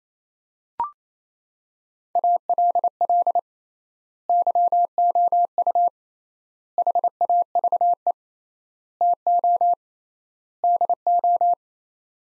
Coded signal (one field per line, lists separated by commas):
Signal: Morse code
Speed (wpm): 28 wpm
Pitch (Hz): 700 Hz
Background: none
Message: ALL YOU HAVE TO DO